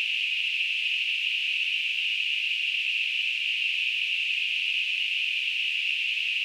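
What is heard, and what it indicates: Simulated tinnitus: a steady, continuous high-pitched hissing band of noise centred around 2.5 kHz, unchanging in loudness throughout, with no low-frequency content.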